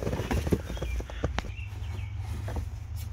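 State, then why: Not seated. A cabin air filter cartridge for a 2004–2008 Acura TSX is handled and pushed back into the HVAC filter housing behind the glove box, producing a series of soft knocks and scrapes with the sharpest tap at about 1.4 s. Nothing has seated or clicked yet; the clip ends just before the filter pops into place.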